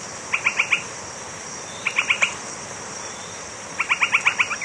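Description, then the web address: Northern White-crowned Tapaculo uttering three quick clusters of four to eight sharp, clipped notes, separated by pauses of over a second. Ecuador. "Birds of Ecuador 3-01 Northern White-Crowned Tapaculo"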